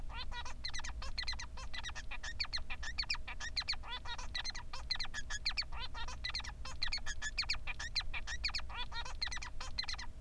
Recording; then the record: song of a male Bengalese finch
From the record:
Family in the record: son of father 3